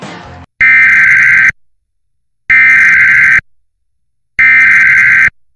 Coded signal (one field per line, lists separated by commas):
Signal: Emergency Alert System (SAME) tones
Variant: header bursts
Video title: Fake EAS: Severe Thunderstorm Warning (4/28/23)